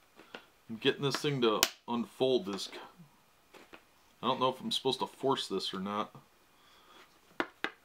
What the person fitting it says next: Yeah, once that locks in place, it's a little tricky.